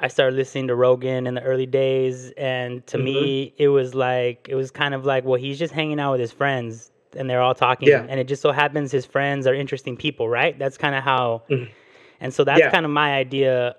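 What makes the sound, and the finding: Adult man speaking. Normal speech.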